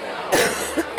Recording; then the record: coughing mixed with background sound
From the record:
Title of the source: 30 Chesty and wet cough